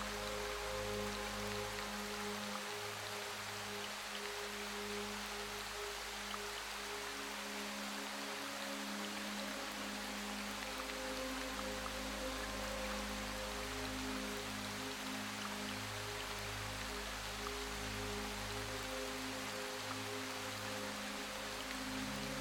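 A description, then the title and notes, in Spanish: Soft rain falls steadily throughout, a dense, even hiss of fine drops spread from low to bright tones. Beneath it, gentle music holds sustained low notes and drones that shift slowly every few seconds, blending smoothly with the constant rainfall. Sumérgete en el suave sonido de la lluvia que cae en el corazón de un bosque sereno, acompañado armoniosamente por música que alivia los trastornos del sueño.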